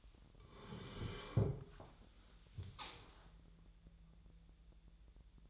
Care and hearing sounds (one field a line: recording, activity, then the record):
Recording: daily activity, microphone in the room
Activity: sit down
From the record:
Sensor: 3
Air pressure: 1001.5 hPa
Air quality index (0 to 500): 246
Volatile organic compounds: 138 ppm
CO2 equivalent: 3966 ppm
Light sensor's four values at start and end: 11/24/10/10 and 12/28/12/12